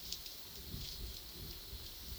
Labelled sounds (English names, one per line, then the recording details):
none
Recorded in pastures near Puerto Asís, Putumayo, Colombia, on 21 February 2024 at 10:00
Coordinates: 0.497, -76.327
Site G7276